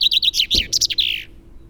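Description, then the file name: Common chaffinch song: a lively run of high notes ending in a flourish, with a single dull knock partway through. "Fringilla coelebs"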